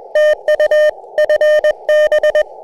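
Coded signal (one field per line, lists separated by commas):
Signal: Morse code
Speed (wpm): 20 wpm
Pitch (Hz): 610 Hz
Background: none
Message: TU FB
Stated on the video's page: CW during a SOTA summit activation, the first of Black Bull Peak near Luna, New Mexico.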